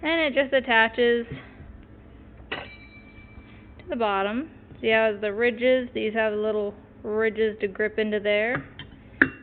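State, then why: Seated. A cup-style oil filter cap wrench is pushed onto the bottom of a Ford Focus oil filter, its little ridges gripping the filter, while someone talks. A sharp snap is heard at 9.2 seconds as the wrench locks onto the filter and seats in place.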